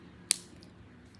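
A plastic LEGO piece is pressed onto a brick model jet and snaps into place with one sharp, bright click at 0.3 s over a low steady hum. Two much fainter ticks follow, and the piece is seated.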